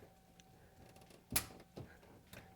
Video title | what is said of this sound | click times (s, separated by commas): How To Install a Tusk Plug and Play Signal & Horn Kit on a Polaris RZR Pro R, Pro XP & Turbo R | so that's snapped right into place | 1.4 s